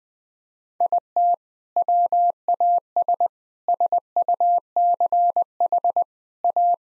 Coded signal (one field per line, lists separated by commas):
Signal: Morse code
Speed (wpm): 20 wpm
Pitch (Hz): 700 Hz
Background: none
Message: IT WAS SUCH A